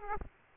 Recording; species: mosquito wingbeat signal from an infrared sensor; Aedes aegypti